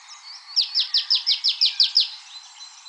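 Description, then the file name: Marsh tit calling: a quick run of about nine sharp, high, downslurred notes over roughly one and a half seconds. "Poecile palustris"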